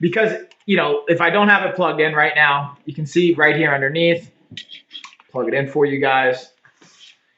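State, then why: Seated. Someone talks while pushing a power cord's plug fully into the socket of a fitness device, so that no part of it is left exposed. A short click sounds at 6.6 s, and the plug is fully seated.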